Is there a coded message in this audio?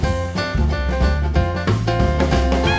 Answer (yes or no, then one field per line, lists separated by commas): no